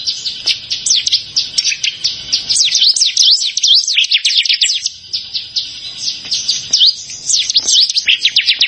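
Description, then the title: Bar-winged prinia giving an energetic stream of high, sharp chirps and zigzagging notes, nearly continuous with a short lull midway. "Ciblek Sawah"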